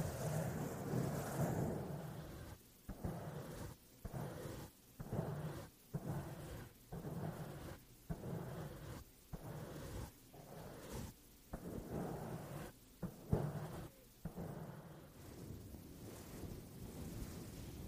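A microphone's foam cover is scratched and brushed in a rough, rumbling rhythm. From about two seconds, bursts roughly a second long alternate with short silent gaps, each burst a dense, low scraping with a hissy top. No voices are heard.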